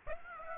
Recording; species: mosquito wingbeat signal from an infrared sensor; Aedes aegypti